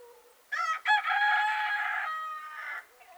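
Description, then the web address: Rooster crowing: one loud, harmonic cock-a-doodle-doo, a short opening note then a long held note that fades at the end. Soft breeze. "Dizzy Duck - Sounds From Nature Rooster singing soft breeze cows dogs"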